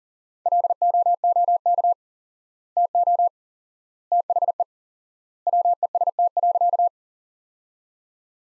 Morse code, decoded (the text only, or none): LOOK TO THE WEST.